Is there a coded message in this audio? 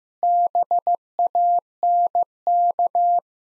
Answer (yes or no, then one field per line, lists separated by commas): yes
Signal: Morse code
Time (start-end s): 0.2-3.2 s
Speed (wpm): 16 wpm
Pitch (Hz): 700 Hz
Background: none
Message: BANK